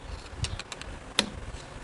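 A metal retaining clip is levered home with a screwdriver while assembling the clutch and primary drive of a 1965 Harley-Davidson Panhead motorcycle. A few faint metallic ticks come first, then a sharp, bright snap at 1.2 s as the clip seats fully in place.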